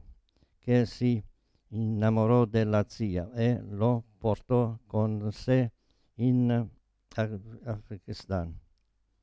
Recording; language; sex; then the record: read passage; Italian; male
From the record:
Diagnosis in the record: Parkinson's disease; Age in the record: 72 years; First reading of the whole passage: 118 s, 4.4 characters per second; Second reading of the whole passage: 99 s, 5.2 characters per second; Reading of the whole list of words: 88 s, 3.2 characters per second